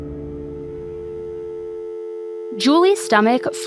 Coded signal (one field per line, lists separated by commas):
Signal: telephone call progress tone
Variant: North America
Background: speech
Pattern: dial tone